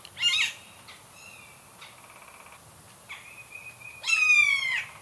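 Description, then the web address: Bird calls, varied sequence: a harsh squawk, thin level whistled notes, then a long rasping call sliding downward at the end. "az brid sounds"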